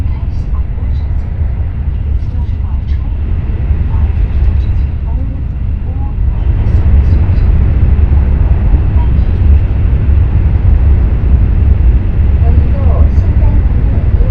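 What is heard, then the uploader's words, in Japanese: Inside the Kamome 25 shinkansen, a steady low rumble of the moving train runs throughout, growing louder after six seconds, with faint chatter. 西九州新幹線かもめ25号武雄温泉→長崎。嬉野温泉駅は通過なので、停車駅は新大村、諫早、長崎の３つです。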